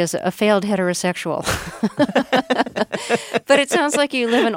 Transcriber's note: soundbite of laughter